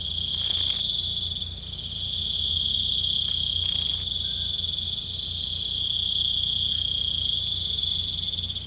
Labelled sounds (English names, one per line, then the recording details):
none
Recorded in pastures near Puerto Asís, Putumayo, Colombia, on 18 December 2024 at 20:30
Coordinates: 0.472, -76.331
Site GP02